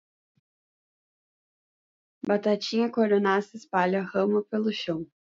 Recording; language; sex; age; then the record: short text; Brazilian Portuguese; female; 20 to 29 years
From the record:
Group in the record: control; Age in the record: 20 years